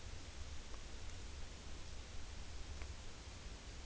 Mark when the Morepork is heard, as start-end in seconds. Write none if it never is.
none